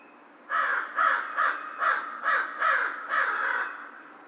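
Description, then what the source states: American crow uttering a quick run of seven rough caws, closely spaced and even in loudness. Recorded 2010-03-02.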